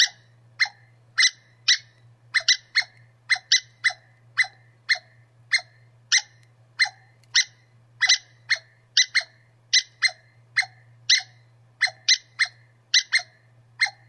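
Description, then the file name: Squirrel giving irregular harsh chips, singly and in quick pairs, continuing steadily over a low hum. "suara bajing. omkicau"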